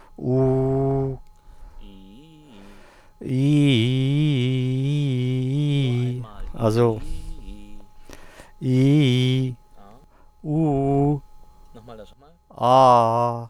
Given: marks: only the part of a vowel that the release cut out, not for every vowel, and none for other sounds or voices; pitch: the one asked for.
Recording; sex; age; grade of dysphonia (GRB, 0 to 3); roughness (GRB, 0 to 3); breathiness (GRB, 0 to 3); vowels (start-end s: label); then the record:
sustained vowels; male; 40 to 49 years; 0; 0; 0
0.28-1.07 s: vowel /u/, low pitch
8.67-9.44 s: vowel /i/, low-high-low pitch
10.50-11.12 s: vowel /u/, low-high-low pitch
12.66-13.34 s: vowel /a/, low-high-low pitch
From the record:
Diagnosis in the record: healthy voice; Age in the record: 49 years